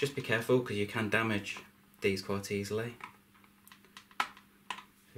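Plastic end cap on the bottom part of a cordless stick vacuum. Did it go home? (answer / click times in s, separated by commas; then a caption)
released / 4.2 s. A plastic end cap on the bottom part of a Dyson V7 cordless stick vacuum is turned with a large screwdriver until its twist-lock clicks open, unlocking it so it can be removed. Someone talks for the first three seconds, then a few light taps and scrapes come before the sharp click at 4.2 s. Another small tap follows.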